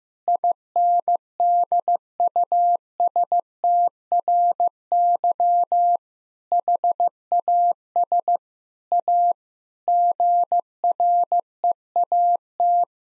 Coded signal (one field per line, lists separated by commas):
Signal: Morse code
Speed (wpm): 15 wpm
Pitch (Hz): 700 Hz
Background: none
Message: INDUSTRY HAS A GREAT